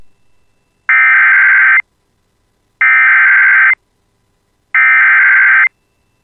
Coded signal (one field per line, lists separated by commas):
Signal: Emergency Alert System (SAME) tones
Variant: header bursts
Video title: [EAS] Severe Thunderstorm Warning for Cass County (6/29/26)